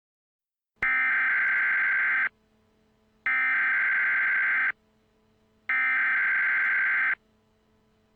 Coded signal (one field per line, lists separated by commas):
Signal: Emergency Alert System (SAME) tones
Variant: header bursts